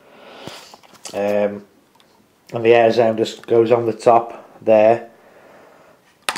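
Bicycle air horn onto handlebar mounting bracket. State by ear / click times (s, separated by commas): seated / 6.3 s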